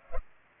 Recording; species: mosquito wingbeat signal from an infrared sensor; Culex pipiens